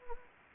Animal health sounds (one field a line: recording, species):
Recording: mosquito wingbeat signal from an infrared sensor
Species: Anopheles gambiae